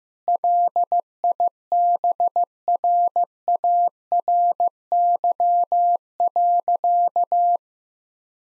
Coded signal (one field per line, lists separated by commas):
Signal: Morse code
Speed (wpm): 16 wpm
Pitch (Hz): 700 Hz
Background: none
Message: LIBRARY.